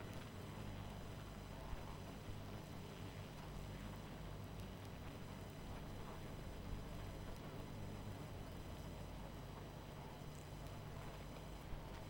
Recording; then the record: honeybee colony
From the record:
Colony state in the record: missing queen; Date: 14 July 2017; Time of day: 22:06